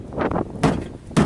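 A plastic rear door trim panel on a 2007 Sienna is pressed back on so its retaining clips snap into the door. Against a faint background rustle, two sharp snaps are heard at 0.6 s and 1.2 s, and the clips are seated.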